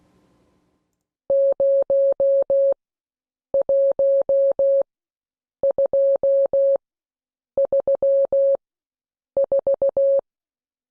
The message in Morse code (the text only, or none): 01234